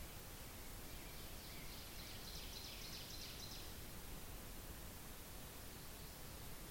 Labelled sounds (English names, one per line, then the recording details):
Ovenbird song
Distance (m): 45 m
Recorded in boreal forest in Alberta, Canada, on 10 June 2016 at 07:48
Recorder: SongMeter 3, array SBT-3-39
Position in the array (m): 325 m, 145 m
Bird 19